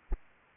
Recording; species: mosquito wingbeat signal from an infrared sensor; Aedes aegypti